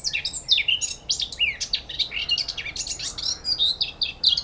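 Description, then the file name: Eurasian blackcap delivering a loud, rich warble of fast sweeping and chirping notes. "Sylvia atricapilla"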